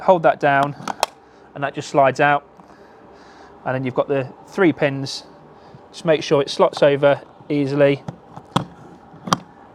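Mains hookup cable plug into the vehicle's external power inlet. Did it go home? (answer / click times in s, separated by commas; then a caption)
yes / 8.6 s, 9.3 s. Someone talks while the three-pin mains hookup cable plug is slotted over the pins of the external power inlet on an Auto-Trail Tracker EKS motorhome and pushed home. It clicks into place with two sharp clicks at 8.6 s and 9.3 s, and the plug is seated.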